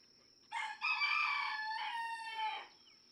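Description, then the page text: Red junglefowl (chicken): rooster gives one raspy crow of roughly two seconds, a short first note followed by a long phrase, over a faint low background hum. Several domestic roosters (chickens) in a barnyard just outside Mammoth Cave National Park, Kentucky, USA, June 2, 2010; each rooster crows differently, illustrating individual song differences. "Birdsong for the Curious Naturalist. Red junglefowl (chicken) No two roosters crow alike in this Kentucky barnyard. June 2, 2010. Just outside Mammoth Cave National Park, Kentucky"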